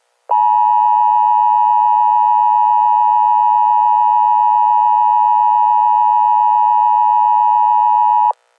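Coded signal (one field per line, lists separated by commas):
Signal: Emergency Alert System (SAME) tones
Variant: 853 and 960 Hz attention tone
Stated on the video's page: Wisconsin AMBER alert cancellation.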